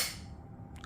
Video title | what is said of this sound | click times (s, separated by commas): Costco - Dyson Ball Animal 2 Upright Vacuum - How To Unbox/ Assemble/+ Quick Review | clicks you can hear the click it's in there | 0.8 s